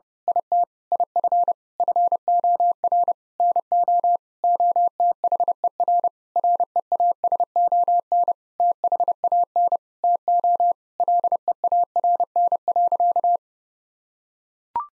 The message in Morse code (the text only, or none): IT IF FOR NO OTHER REASON THAN TO LEARN.